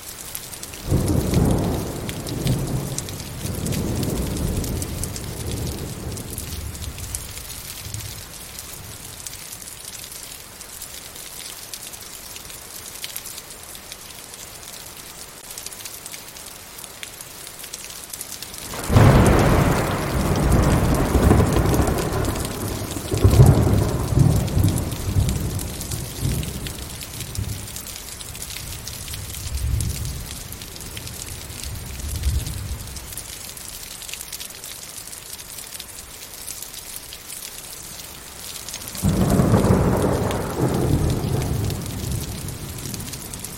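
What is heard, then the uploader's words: Heavy rain hisses steadily throughout, a dense, even patter across the highs. Thunder rumbles low several times: a rolling peal near the start, a loud crack around nineteen seconds followed by long grumbling through the middle, and another strong roll near forty seconds. Loud Heavy Rainstorm Thunderstorm. As the rain pours down and the thunder rumbles in the distance. The sound of raindrops hitting the ground, accompanied by the occasional thunderclap.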